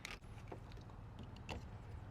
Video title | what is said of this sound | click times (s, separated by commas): Chapin Mixes On Exit Sprayer Review - Is this the Best ATV Quad Sprayer? | snapping this all the way into place, and locking it | 1.5 s